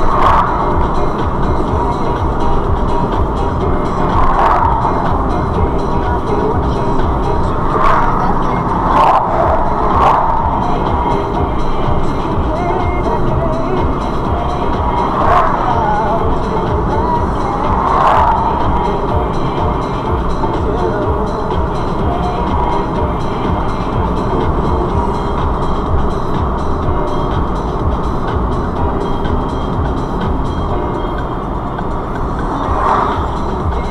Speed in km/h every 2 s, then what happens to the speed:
52, 52, 52, 50, 50, 50, 52, 52, 52, 52, 52, 48, 50, 50, 48, 42, 42.
0-27 steady at about 52. 27-30 slows to 42.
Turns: none.